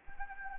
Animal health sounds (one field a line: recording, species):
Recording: mosquito wingbeat signal from an infrared sensor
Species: Anopheles arabiensis